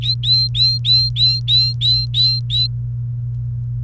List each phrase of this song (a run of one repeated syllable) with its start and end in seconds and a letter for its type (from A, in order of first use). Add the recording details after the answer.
0.01-2.67 A. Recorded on 29 April 2018 at 08:27. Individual llb3